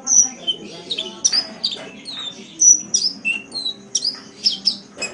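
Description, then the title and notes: Oriental magpie-robin song, a dense stream of varied whistles and slurred notes in quick succession over a low background hum. "Kicau Kacer. kiccau"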